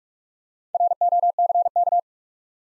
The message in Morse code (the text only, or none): ROCK